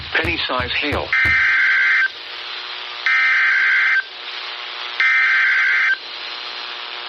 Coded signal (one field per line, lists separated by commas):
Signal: Emergency Alert System (SAME) tones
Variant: header bursts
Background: speech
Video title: I could've gotten more if I wasn't asleep. EAS Alerts From 6/29/23 (EAS 182-189)